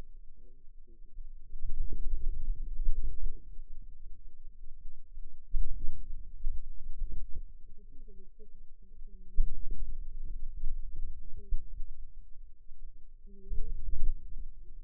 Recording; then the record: forearm muscle sounds (acoustic myography)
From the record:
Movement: outward rotation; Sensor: system 2, bracelet of six BSWA MPA416 microphones around the upper forearm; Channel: 1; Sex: female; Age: 21 years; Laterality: right